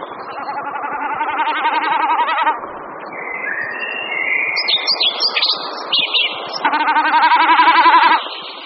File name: Bekasina otavní